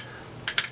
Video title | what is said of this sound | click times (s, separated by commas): Jeep CJ7 2 point seat belt restoration | can you hear it popping that's those grooves falling into place on the bracket | 0.5 s, 0.6 s